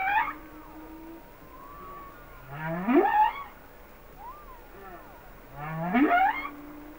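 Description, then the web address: Humpback whale song: deep groans that sweep steeply upward into bright cries, repeated about every three seconds, with soft faint whoops in the gaps. "Natures Songs Whale Songs Sounds of Nature - Humpback Whales"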